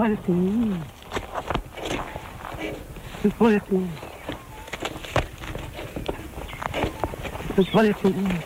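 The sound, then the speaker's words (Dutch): An Australian musk duck, taught to say "You bloody fool", mimics human speech: three short, throaty, voice-like phrases with rising and falling pitch, spaced several seconds apart over a steady background of rapid clicks and taps. “Maar nu blijkt ook dat de Australische muskuseend geluiden kan nadoen.”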